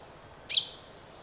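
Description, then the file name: Common chaffinch call: a single brief high, sharp note with a slight trailing tail, over faint steady background noise. "Fringilla coelebs"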